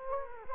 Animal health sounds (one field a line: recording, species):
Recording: mosquito wingbeat signal from an infrared sensor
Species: Culex quinquefasciatus